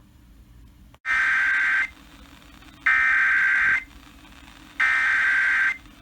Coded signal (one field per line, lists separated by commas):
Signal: Emergency Alert System (SAME) tones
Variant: header bursts